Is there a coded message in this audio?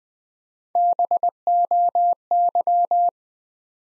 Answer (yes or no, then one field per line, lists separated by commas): yes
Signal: Morse code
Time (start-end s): 0.8-3.1 s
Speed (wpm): 20 wpm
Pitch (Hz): 700 Hz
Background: none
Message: BOY